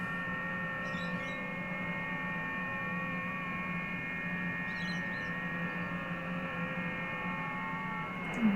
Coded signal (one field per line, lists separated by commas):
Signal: FT8